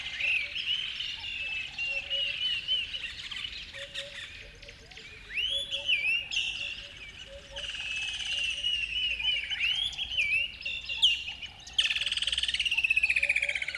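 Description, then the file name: Several birds sing at once, with rising and falling whistles, rapid trills and a soft low note pulsing repeatedly in the background. River bed at dawn; a noisy chorus of many birds. "river bed dawn birds bedlam"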